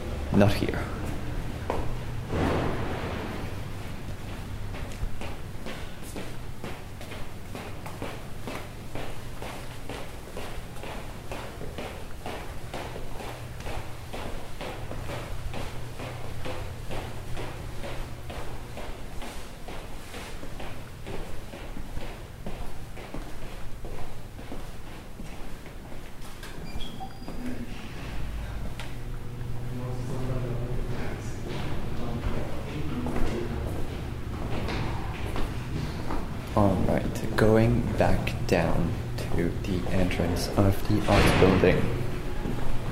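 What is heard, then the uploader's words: A walk through a downtown university campus, with steady footsteps ticking along at a regular pace over a low, constant city rumble. Voices come and go, growing busier near the end, with a few brighter knocks and clatters. A walk through the familiar downtown campus of McGill University. The quiet and relaxing atmosphere of a sunny summer afternoon.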